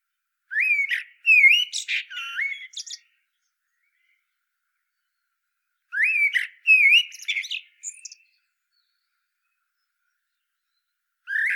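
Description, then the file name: Common blackbird song: two full phrases of fluted whistles and high scratchy twitters, with a third phrase just beginning at the end. "Turdus merula"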